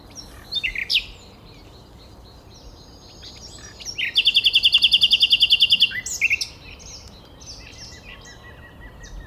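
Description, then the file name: Common nightingale song: a few sharp notes, then a loud, very fast trill of repeated notes lasting about two seconds, followed by a few softer notes. "Luscinia megarhynchos"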